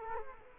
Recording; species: mosquito wingbeat signal from an infrared sensor; Culex quinquefasciatus